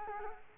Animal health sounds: mosquito wingbeat signal from an infrared sensor; Culex quinquefasciatus

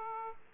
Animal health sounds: mosquito wingbeat signal from an infrared sensor; Aedes aegypti

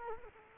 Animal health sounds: mosquito wingbeat signal from an infrared sensor; Culex quinquefasciatus

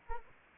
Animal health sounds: mosquito wingbeat signal from an infrared sensor; Anopheles arabiensis

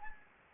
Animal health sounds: mosquito wingbeat signal from an infrared sensor; Anopheles gambiae

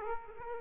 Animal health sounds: mosquito wingbeat signal from an infrared sensor; Aedes aegypti

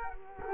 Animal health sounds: mosquito wingbeat signal from an infrared sensor; Culex quinquefasciatus

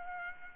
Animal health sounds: mosquito wingbeat signal from an infrared sensor; Culex pipiens

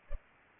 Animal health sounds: mosquito wingbeat signal from an infrared sensor; Culex pipiens

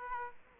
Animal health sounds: mosquito wingbeat signal from an infrared sensor; Aedes aegypti

